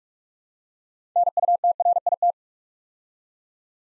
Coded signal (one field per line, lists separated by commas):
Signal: Morse code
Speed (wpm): 44 wpm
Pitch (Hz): 700 Hz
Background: none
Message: NUTRIT